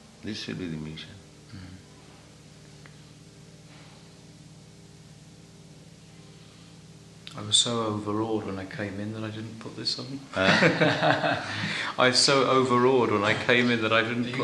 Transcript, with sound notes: This should be the mission.
I was so overawed when I came in that I didn't put this on. [laughs]
Hmm?
I was so overawed when I came in that I didn't put the...